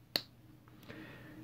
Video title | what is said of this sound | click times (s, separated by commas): Hot Wheels Street Wiener | just putting it down, pressing it until it clicks. | 0.2 s